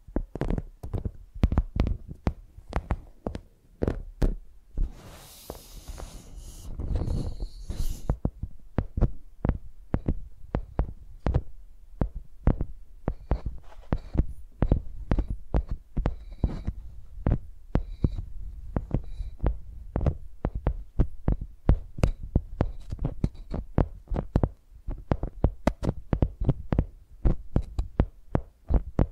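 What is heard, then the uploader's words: A microphone used like a pencil, tapped against a surface in quick, uneven knocks that continue for the whole clip. Each tap is a sharp thud with a low boom. Between about five and eight seconds, a rough scribbling scrape joins in. Using Mics as Pencils (No Talking).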